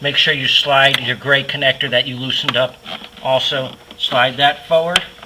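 On a 2008 Chevrolet Corvette getting a K&N performance cold-air intake, the previously loosened gray plastic connector lock on the mass airflow sensor plug is being handled to slide it forward while someone talks throughout. No distinct click stands out over the talking, and nothing has seated or clicked yet.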